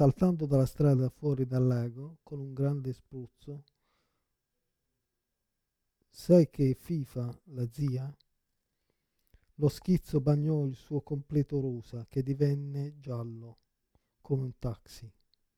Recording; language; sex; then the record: read passage; Italian; male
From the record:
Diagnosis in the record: Parkinson's disease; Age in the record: 56 years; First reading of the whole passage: 87 s, 6.0 characters per second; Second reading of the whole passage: 67 s, 7.8 characters per second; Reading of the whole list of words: 59 s, 4.8 characters per second